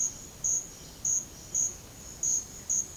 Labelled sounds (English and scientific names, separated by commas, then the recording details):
none
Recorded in pastures near Puerto Asís, Putumayo, Colombia, on 12 March 2025 at 11:30
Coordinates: 0.502, -76.324
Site GP07